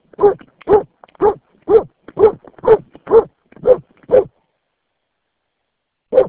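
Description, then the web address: Dog giving a rapid run of nine short barks at an even pace, then a pause of about two seconds before one more bark. "Santra koirat"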